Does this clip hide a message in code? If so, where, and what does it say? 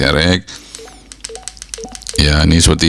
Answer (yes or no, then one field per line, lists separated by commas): no